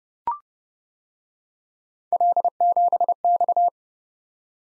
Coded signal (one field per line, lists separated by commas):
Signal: Morse code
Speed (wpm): 30 wpm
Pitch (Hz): 700 Hz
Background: none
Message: L7X